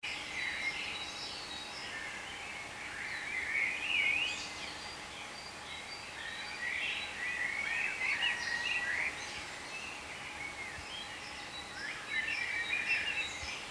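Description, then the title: Birds calling in a lively overlapping chorus, bursts of high chirps and quick whistles coming in waves over a low hum. "cizici, birds"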